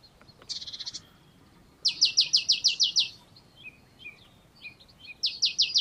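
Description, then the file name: Marsh tit: a short rattle, then a louder run of several sharp high notes, a few scattered chirps, and another brief series at the end. "Poecile palustris"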